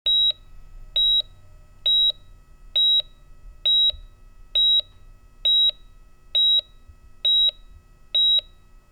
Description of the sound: Heart Monitor Beep in Hospital.